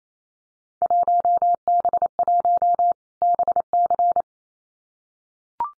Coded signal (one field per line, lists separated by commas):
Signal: Morse code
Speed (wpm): 28 wpm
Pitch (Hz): 700 Hz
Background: none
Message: 1B1 BC